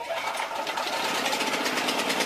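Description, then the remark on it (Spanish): A generator engine runs steadily with a dense, buzzing drone and a rapid, even chugging pulse, loud and unbroken, with no voices. “¿De cuánto es este grupo? ¿Podemos poner un aire acondicionado con este grupo? Grupo Electrógeno. Ruido y luz versus silencio y oscuridad.”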